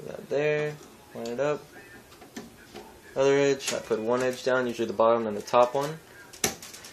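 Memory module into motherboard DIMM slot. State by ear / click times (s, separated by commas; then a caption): seated / 6.4 s, 6.6 s. A second DDR3 memory stick is lined up and pressed into a motherboard DIMM slot, one edge down first (usually the bottom) and then the top, while someone talks. Two sharp clicks at 6.4 s and 6.6 s mark the retention clips snapping shut as the module seats and latches home.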